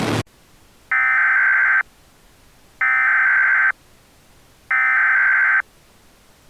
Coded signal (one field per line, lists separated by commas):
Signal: Emergency Alert System (SAME) tones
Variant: header bursts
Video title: (EAS Scenario) Lost Equestrian Couple on Earth